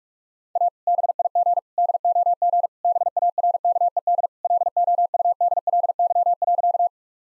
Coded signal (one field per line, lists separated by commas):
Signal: Morse code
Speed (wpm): 47 wpm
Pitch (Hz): 700 Hz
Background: none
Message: A BIG DOG BARKED LOUDLY.